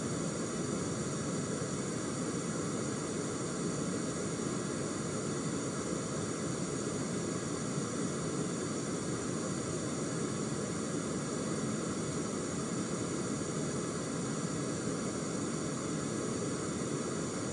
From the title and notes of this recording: ASMR Pink Noise.